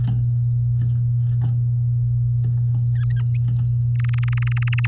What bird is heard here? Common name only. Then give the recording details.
Domestic Canary. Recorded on 8 May 2018 at 15:29. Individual llb16